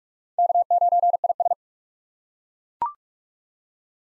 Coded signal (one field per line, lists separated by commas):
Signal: Morse code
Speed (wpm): 42 wpm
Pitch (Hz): 700 Hz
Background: none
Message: K9IS